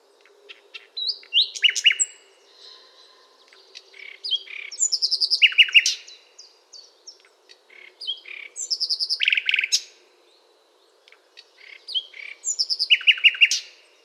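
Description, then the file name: Common nightingale delivering four loud strophes of varied whistles and rapid repeated notes, each separated by brief silences. "Luscinia megarhynchos"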